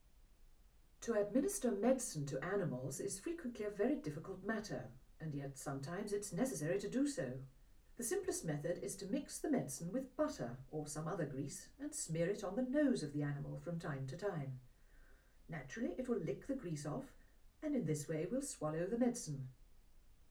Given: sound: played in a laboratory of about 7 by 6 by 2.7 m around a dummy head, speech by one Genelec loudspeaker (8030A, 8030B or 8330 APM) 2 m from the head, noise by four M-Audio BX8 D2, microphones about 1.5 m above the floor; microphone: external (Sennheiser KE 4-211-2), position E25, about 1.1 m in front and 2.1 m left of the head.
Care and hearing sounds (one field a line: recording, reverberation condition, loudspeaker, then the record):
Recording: female speech in English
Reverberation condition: low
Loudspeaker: 90 degrees to the right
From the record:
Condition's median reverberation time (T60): about 310 ms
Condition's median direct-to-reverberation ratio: about 3.5 dB